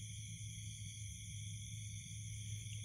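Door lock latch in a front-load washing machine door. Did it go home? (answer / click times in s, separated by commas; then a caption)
no / none. With the door of a Toshiba Inverter front-load washing machine, fitted with a modified power board, closed again, a steady low hum near 100 Hz runs through the clip alongside constant high tonal whines. No click or other sudden sound is heard. The door lock latch fails to engage and nothing has clicked.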